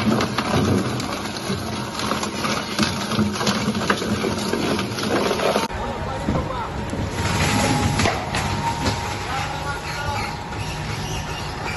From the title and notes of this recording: Thang Long pallet wood crusher. It has a high-speed motor that rotates the crushing blades, which grind the wood into small pieces.